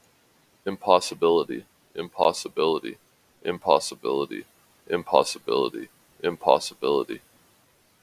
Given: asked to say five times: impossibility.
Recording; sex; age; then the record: repeated word; male; 30 to 39 years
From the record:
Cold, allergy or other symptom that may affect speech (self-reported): no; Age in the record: 39 years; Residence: Utah, United States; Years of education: 12